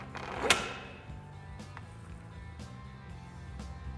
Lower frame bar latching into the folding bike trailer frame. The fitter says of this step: and pull the curved lower frame bar in until it clicks